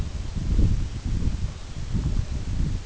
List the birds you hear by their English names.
none